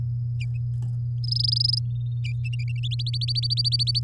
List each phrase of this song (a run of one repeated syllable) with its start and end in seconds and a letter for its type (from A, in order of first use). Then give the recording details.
1.24-1.79 A, 2.83-4.00 B. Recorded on 7 May 2018 at 11:26. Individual llb16